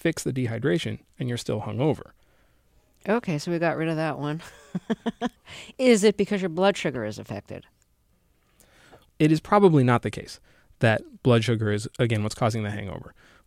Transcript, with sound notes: You can fix the dehydration and you're still hung over.
OK, so we got rid of that one (laughter). Is it because your blood sugar is affected?
It is probably not the case that blood sugar is again what's causing the hangover.